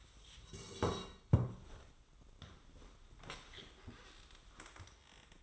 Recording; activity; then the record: daily activity, microphone in the room; sit down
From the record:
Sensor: 3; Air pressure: 1005.0 hPa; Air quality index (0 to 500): 90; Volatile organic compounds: 3 ppm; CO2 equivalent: 1394 ppm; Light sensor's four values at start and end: 9/21/9/9 and 9/21/9/8